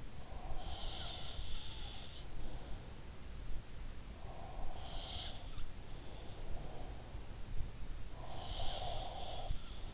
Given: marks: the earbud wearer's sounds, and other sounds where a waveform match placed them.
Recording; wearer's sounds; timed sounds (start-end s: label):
sounds in sleep by an in-ear microphone; breath
0.00-3.01 s: breath
0.61-2.28 s: sound from someone else or the room
4.08-7.36 s: breath
4.71-5.69 s: sound from someone else or the room
8.20-9.82 s: sound from someone else or the room